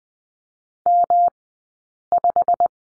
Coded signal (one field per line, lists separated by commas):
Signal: Morse code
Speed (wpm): 20 wpm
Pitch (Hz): 700 Hz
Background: none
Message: M5